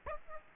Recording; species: mosquito wingbeat signal from an infrared sensor; Aedes aegypti